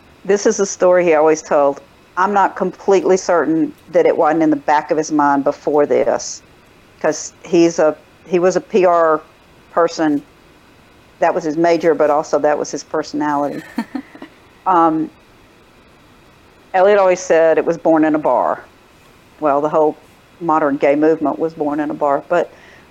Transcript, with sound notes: this is the story he always told—I’m not completely certain that it wasn’t in the back of his mind before this, ‘cause he’s a—he was a PR person. That was his major, but also that was his personality. [Interviewer laughter] Elliot always said it was born in a bar. Well, the whole modern gay movement was born in a bar, but…